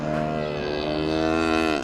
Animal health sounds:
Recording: contact call of a hoofed animal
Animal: cattle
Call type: low-frequency (closed-mouth) or high-frequency (open-mouth) call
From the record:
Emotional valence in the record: negative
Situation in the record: full separation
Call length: 1.83 s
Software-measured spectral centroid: 1890 Hz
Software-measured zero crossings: 1680 a second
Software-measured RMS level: -24 dBFS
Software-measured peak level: -8 dBFS

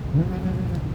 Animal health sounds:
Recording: contact call of a hoofed animal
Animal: goat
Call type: low-frequency (closed-mouth) or high-frequency (open-mouth) call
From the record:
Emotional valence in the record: negative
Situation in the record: short social isolation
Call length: 0.95 s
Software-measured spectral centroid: 1230 Hz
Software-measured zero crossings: 460 a second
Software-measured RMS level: -24 dBFS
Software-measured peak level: -10 dBFS

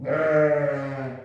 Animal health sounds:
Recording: contact call of a hoofed animal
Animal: sheep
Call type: low-frequency (closed-mouth) or high-frequency (open-mouth) call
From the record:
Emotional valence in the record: negative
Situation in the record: short social isolation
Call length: 1.25 s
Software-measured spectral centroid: 1100 Hz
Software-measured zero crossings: 1230 a second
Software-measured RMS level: -23 dBFS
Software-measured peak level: -9 dBFS

